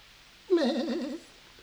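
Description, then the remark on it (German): A single goat bleat, loud and quavering, lasting just over half a second with a trembling, mid-pitched wobble before it cuts off into quiet. “Nein, halt nicht die Ziege.”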